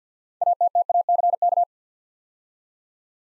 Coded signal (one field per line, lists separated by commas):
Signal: Morse code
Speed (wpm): 53 wpm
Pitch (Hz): 700 Hz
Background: none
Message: ATTACK